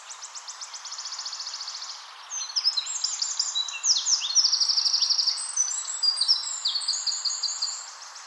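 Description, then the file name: Eurasian wren giving a high rattling trill, then a long, loud song of sharp, rapid notes and buzzing trills. "Troglodytes troglodytes"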